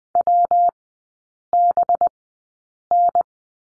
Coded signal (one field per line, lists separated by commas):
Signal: Morse code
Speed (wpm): 20 wpm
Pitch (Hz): 700 Hz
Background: none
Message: WBN